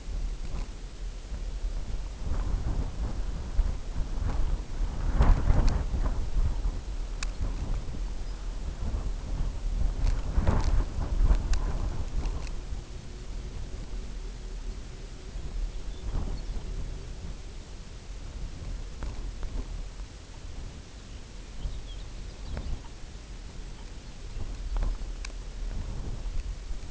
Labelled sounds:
unidentified sound
Pectoral Sandpiper
Lapland Longspur

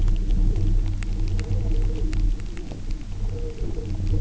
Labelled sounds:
none

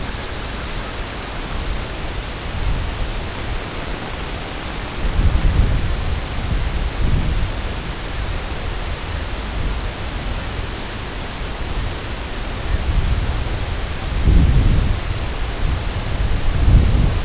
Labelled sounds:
none

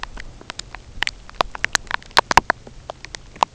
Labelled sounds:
none

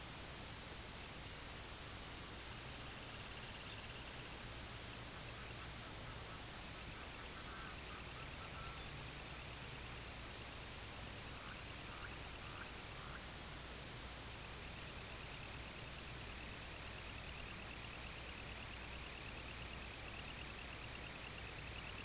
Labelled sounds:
unidentified sound
Semipalmated Sandpiper
Red-throated Loon
White-rumped Sandpiper

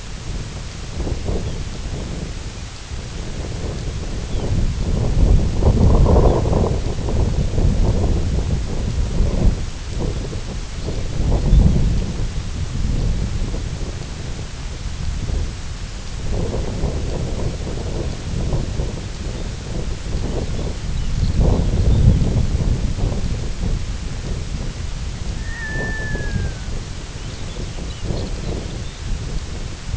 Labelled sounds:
Lapland Longspur
Red-throated Loon

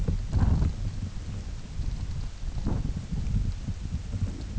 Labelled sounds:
none

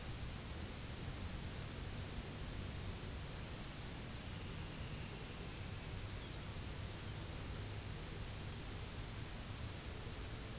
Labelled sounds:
Dunlin
unidentified sound

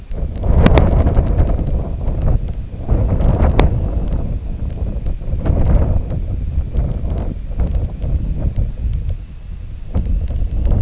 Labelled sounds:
none

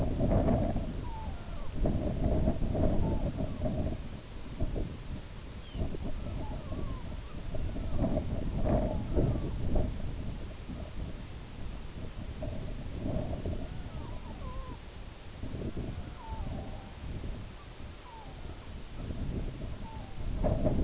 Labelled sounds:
Red-throated Loon
unidentified sound

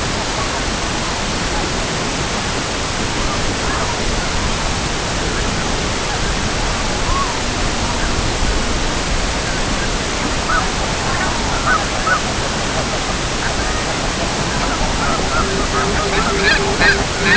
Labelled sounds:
King Eider
unidentified sound
Pectoral Sandpiper

